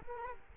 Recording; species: mosquito wingbeat signal from an infrared sensor; Culex quinquefasciatus